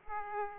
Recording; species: mosquito wingbeat signal from an infrared sensor; Aedes aegypti